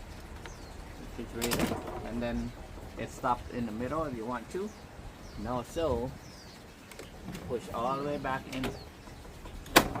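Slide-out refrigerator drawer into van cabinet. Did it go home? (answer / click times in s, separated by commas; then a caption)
yes / 9.8 s. A slide-out refrigerator drawer in a Mercedes Metris camper van cabinet is pushed all the way back in while someone talks. Its travel latch catches with a sharp click at 9.8 s, locking it in place so it won't slide out when braking.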